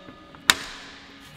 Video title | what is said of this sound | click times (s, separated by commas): BMW M140i ITG AIR FILTER BETTER THAN OPEN AIR? | and when you get that audible click you see the fingers so the audible click you know it's good | 0.5 s